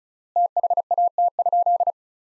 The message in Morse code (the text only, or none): THAT?